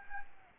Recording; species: mosquito wingbeat signal from an infrared sensor; Aedes albopictus